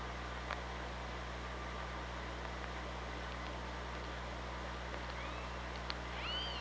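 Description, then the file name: Killer whale calls: faint tonal sweeps, some rising and falling, that cluster toward the end, over a steady low hum and broad hiss. Hydrophone recording from OrcaLab, 24 August 2017, around 06:30. "Orca Lab UTLN JASON 20170824 063040"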